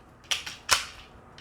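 A plastic toy part on a Leader class Earthrise Doubledealer figure is locked into the toy body, one side first. A loud, sharp click lands at 0.3 s and the part is seated, followed by softer plastic clicks and a brief voice.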